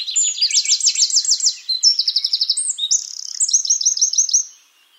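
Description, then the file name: Eurasian wren song, a fast run of high buzzy trills changing pitch every second or so, delivered loudly and continuously for about four seconds. "Troglodytes troglodytes"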